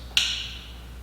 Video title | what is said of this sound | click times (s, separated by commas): How to Install Graves Yamaha FZ-09 Smog Block Off Plates by Sportbiketrackgear.com | Let's make sure those bad boys, you hear them click in place | 0.2 s